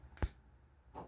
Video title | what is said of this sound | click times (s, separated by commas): YZ125 Full Rebuild Top and Bottom End! ( 05-21 model years) | So it should click right into place. | 0.2 s